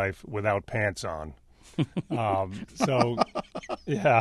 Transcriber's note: soundbite of laughter